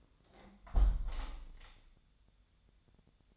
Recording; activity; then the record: daily activity, microphone in the room; close window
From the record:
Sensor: 3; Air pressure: 1014.9 hPa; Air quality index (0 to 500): 75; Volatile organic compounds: 2 ppm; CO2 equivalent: 1013 ppm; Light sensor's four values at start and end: 9/22/9/9 and 9/22/9/9